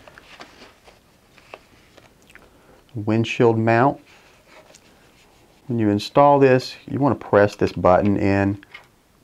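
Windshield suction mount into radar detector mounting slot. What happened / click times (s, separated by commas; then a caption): Small plastic part handled, not yet locked in place / none. A plastic windshield suction mount is handled next to an Escort Passport 8500 X50 Black radar detector: its release button is pressed and it is lined up to slide into the detector's mounting slot. Faint ticks and taps of handling sit under someone talking. The clip ends before the mount goes home, so nothing has seated or clicked yet.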